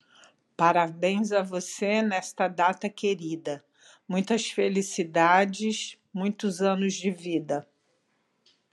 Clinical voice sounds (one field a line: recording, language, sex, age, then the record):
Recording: short text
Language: Brazilian Portuguese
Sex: female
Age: 60 to 69 years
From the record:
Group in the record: control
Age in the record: 64 years